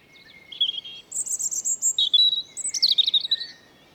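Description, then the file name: European robin song, a run of high, thin, varied warbled phrases with quick trills and sliding whistles, delivered in a steady stream over a quiet background. "Erithacus rubecula"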